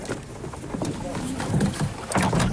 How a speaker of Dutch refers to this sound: We schuiven de kajak het water in.